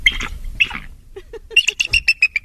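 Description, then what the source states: Bald eagle call: a few harsh squeaky notes, then a rapid series of several thin, high piping notes. The eagle's real call, said not to sound cool, like wringing out a rag or even a baby pig; contrasted with the red-tailed hawk scream used for eagles.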